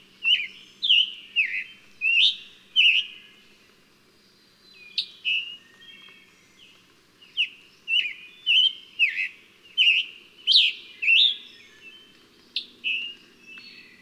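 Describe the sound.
Bird song of clear whistled notes, many opening with a sharp sweep, given in quick bursts with a pause early on.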